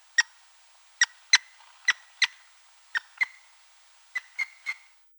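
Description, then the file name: Grey-headed woodpecker giving sharp single call notes in irregular clusters, some with brief tonal tails, around ten notes over five seconds. Russia. "Pticy Rossii - Sedoj dyatel Picus canus"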